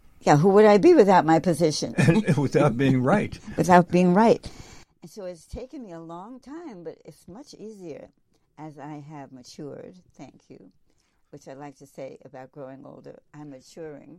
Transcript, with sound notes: Yeah, who would I be without my position? (laughs)
And without being right. (laughs)
Without being right. And so, it's taken me a long time, but it's much easier as I have matured, thank you, which I like to say about growing older, "I'm maturing."